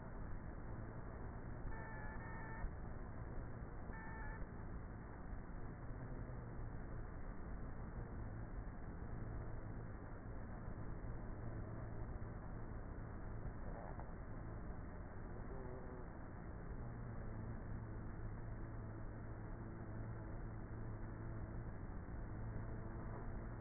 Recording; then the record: honeybee colony, microphone inside the hive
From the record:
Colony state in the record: queenless with a low population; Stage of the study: before two queens were removed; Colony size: about 30,000 bees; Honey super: no